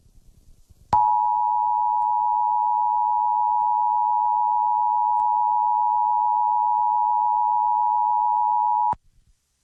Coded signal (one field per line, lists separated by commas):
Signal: Emergency Alert System (SAME) tones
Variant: 853 and 960 Hz attention tone